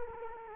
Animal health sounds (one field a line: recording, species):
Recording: mosquito wingbeat signal from an infrared sensor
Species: Culex quinquefasciatus